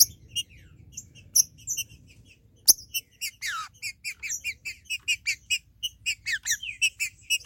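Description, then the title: Green-winged saltator song: a few scattered notes, then a sharp click and a steady run of short harmonic chirps repeated a few times a second. "Trinca Ferro"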